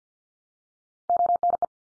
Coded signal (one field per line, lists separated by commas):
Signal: Morse code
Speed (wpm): 48 wpm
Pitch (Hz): 700 Hz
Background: none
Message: ONE